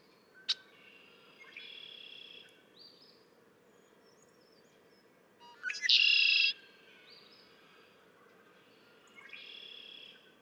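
Red-winged blackbird singing a strident buzzy trill after brief introductory notes, midway through; a sharp click and a softer trill come before, and another softer trill after.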